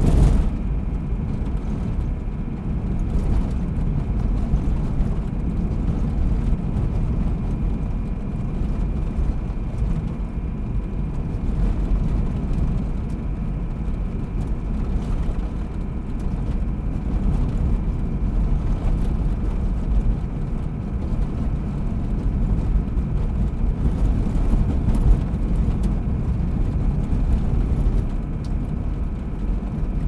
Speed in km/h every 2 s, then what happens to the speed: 59, 60, 60, 59, 59, 58, 58, 57, 58, 57, 57, 57, 56, 57, 57.
0-30 steady at about 58.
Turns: none.